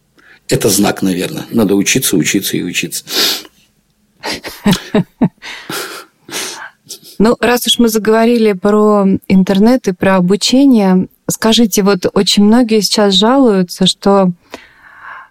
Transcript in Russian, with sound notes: Это знак, наверное. Надо учиться, учиться и учиться.
— (Смеется.) Ну, раз уж мы заговорили про Интернет и про обучение, скажите... Вот очень многие сейчас жалуются, что...